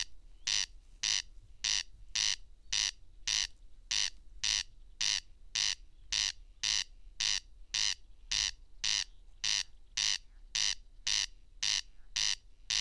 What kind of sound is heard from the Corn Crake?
song